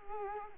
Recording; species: mosquito wingbeat signal from an infrared sensor; Culex quinquefasciatus